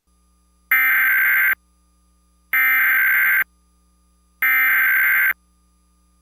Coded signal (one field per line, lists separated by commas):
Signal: Emergency Alert System (SAME) tones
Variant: header bursts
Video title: EAS Scenario: Mobius City Airport Hostage